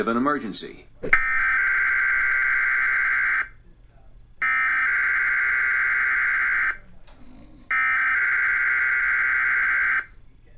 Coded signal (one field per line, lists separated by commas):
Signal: Emergency Alert System (SAME) tones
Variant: header bursts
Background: speech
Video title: (EAS#338-339) TV Required Weekly Test